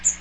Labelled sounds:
Magnolia Warbler flight call

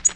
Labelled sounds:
Tennessee Warbler flight call

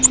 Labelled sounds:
Yellow-rumped Warbler flight call

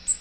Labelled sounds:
Magnolia Warbler flight call

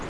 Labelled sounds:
Lucy's Warbler flight call

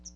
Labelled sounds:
Hooded Warbler flight call

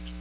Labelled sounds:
Hooded Warbler flight call

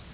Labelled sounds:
Yellow Warbler flight call

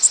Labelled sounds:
Bay-breasted Warbler flight call

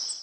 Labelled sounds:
Cape May Warbler flight call

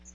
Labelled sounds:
Hooded Warbler flight call

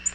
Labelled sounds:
Tennessee Warbler flight call

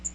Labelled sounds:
Magnolia Warbler flight call

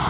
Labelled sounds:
Magnolia Warbler flight call

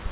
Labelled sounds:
Virginia's Warbler flight call

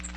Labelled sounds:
Magnolia Warbler flight call

